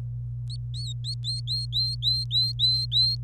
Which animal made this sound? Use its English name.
Domestic Canary